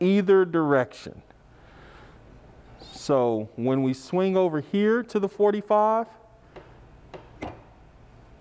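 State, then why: Seated. Someone talks while pressing the miter lock lever and swinging a chop saw's (miter saw's) turntable over toward the 45 degree mark; faint ticks follow as it moves. At 7.4 s the metal detent snaps into the 45 degree notch with a sharp click, and the turntable is seated at the 45 degree stop.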